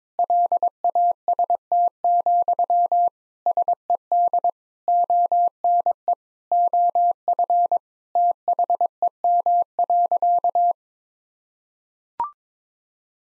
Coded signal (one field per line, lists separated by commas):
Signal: Morse code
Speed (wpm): 22 wpm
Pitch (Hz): 700 Hz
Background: none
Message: LAST, SED ONE OF THEM.